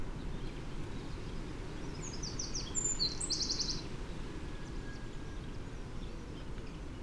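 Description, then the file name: Eurasian wren giving a short series of quick, high, dry ticking notes in the middle, set against constant low-pitched background rumble. "Troglodytes troglodytes"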